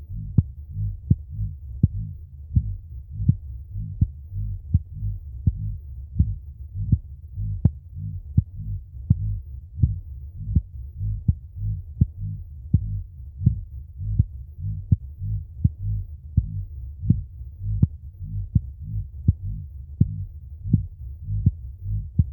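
Regular low-pitched thumps at about 82 beats a minute, with a steady soft hum beneath them. A heartbeat heard through a stethoscope, with an even rhythm throughout.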